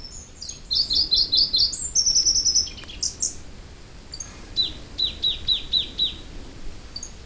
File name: warbler-pallas-leaf Phylloscopus-proregulus